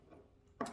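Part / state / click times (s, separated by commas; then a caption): roller top on glass essential oil bottle / released / 0.6 s. A plastic roller top is pried off a small glass essential oil bottle by twisting it with the lid. After a quiet stretch of faint low rumble, a sharp, bright pop sounds at 0.6 s as the roller top comes off easily, releasing from the bottle.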